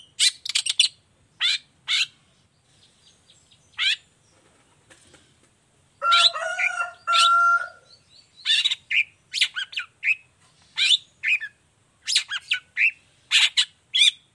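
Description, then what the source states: Long-tailed shrike song of high sharp chips and harsh notes, broken by a steady two-part whistled phrase near the middle. Cendet song in the morning: lively 'gacor' singing with 'toet toet' notes and full variation, clear voice, said to be easy for any cendet to copy.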